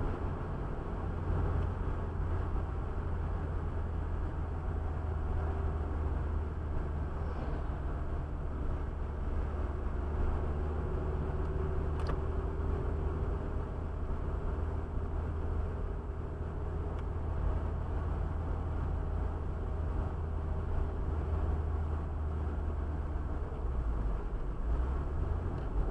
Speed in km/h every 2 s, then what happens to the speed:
82, 78, 75, 72, 70, 72, 74, 75, 75, 76, 74, 71, 68.
0-7 slows to 70. 7-19 steady at about 74. 19-26 slows to 68.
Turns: none.